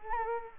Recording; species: mosquito wingbeat signal from an infrared sensor; Culex quinquefasciatus